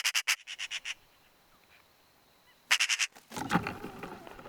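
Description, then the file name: Eurasian magpie chattering: harsh, dry rattling notes in quick bursts, a pause, then another rattle followed by rougher scraping sounds. "Pica pica"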